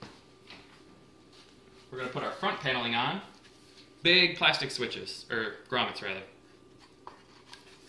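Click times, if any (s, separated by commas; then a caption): 7.1 s, 7.5 s. A plastic front panel is pushed onto the chassis of a blue NZXT H440 PC case with force, so its big plastic grommet clips snap in. Someone talks for most of the clip, then two short, sharp clicks come at 7.1 s and 7.5 s as the panel seats.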